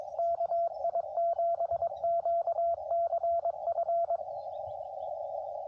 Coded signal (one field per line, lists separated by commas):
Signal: Morse code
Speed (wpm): 23 wpm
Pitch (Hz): 690 Hz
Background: radio noise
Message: KI7QCF